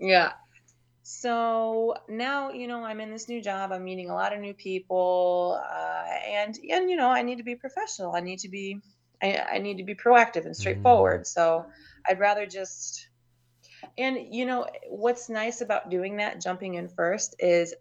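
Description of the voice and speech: An adult woman who has stuttered since age 6, now a licensed speech-language pathologist, speaks in fairly fluent stretches broken by drawn-out sounds on "so" and "uh," a held vowel, a repeated "I," and hesitant pauses. These are mild stuttering disfluencies: prolongations and a part-word repetition.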